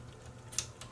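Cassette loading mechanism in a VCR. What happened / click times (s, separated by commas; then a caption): The loading mechanism locked into place / 0.6 s. A Sony EDV7300 Betamax VCR's cassette loading mechanism is turned by hand to check that it travels all the way through and locks into place. A sharp click at 0.6 s marks it seating, followed by a fainter click at 0.8 s over a low steady hum. The mechanism locks into place.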